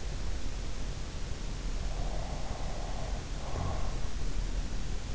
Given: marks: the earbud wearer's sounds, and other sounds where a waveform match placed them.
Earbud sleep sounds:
sounds in sleep by an in-ear microphone; breath
2.06-4.13 s: breath

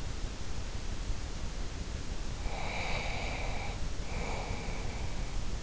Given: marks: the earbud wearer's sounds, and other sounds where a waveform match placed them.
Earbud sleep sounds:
sounds in sleep by an in-ear microphone; breath
2.32-5.29 s: breath

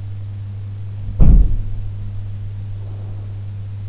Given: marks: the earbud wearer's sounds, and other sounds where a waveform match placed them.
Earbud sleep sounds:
sounds in sleep by an in-ear microphone; breath
1.10-1.74 s: sound from someone else or the room
2.71-3.53 s: breath

